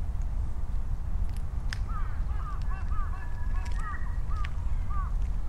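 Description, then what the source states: Crows giving a run of short arched calls over a constant low rumble of traffic. Crows calling and responding to each other, Sunday at noon, Ichimiyake, Yasu City, Shiga Prefecture, Japan; vehicle rumble; Sony PCM-M10, omnidirectional mics on bicycle handlebar bag.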